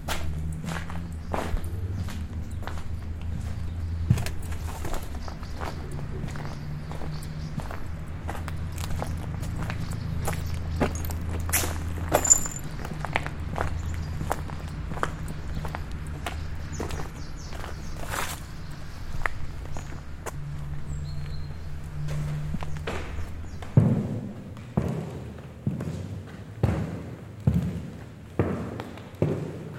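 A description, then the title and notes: Footsteps crunch steadily over debris among the ruins of Vukovar while a low hum drones underneath, then fades, leaving sharper, louder steps near the end. By Christophe Rault A short walk among the ruins of Vukovar, Croatia, where the writings on the walls till tell war stories. Une ville marquée par la guerre, comme en témoignent les divers graffitis et inscriptions lus à voix haute. Une création sonore réalisée dans le cadre d'une descente du Danube en péniche pour le projet "European Sound Delta".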